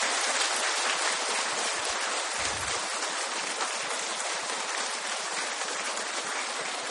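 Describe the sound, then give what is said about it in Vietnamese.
Sustained, dense applause from a large crowd of Buddhist lay followers at a dharma practice gathering, a steady roar of many hands clapping at once without pause for the full seven seconds, with no voices over it. “xin cho con bày tỏ lòng cung kính đó đến với chư tôn đức trong ban tổ chức, và xin tán dương tinh thần tu học của toàn thể quý Phật tử đây bằng một tràng pháo tay thật dài và thật lớn.”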